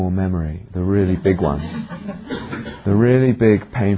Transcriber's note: laughter